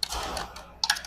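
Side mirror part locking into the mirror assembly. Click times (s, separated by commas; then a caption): 0.8 s. A part of a Subaru Forester auto-folding side mirror is pushed by hand to lock it into the mirror assembly. A short tap at 0.0 s is followed by a quiet stretch of low rumble and faint handling noise, then a sharp, bright click at 0.8 s with a second smaller tick right after. The part locks into place.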